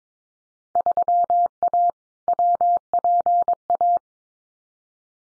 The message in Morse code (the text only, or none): 3A WPA